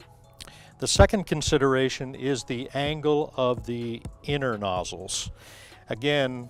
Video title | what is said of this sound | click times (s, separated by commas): Toro Infinity Stealth Installation Video | and then just snaps into place. | 0.4 s